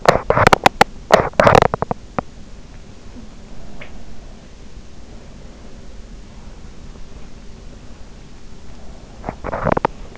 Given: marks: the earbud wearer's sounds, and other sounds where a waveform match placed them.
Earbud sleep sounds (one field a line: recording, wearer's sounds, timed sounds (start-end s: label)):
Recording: sounds in sleep by an in-ear microphone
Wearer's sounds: teeth grinding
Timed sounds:
0.00-0.92 s: teeth grinding
1.06-2.32 s: teeth grinding
9.12-10.18 s: teeth grinding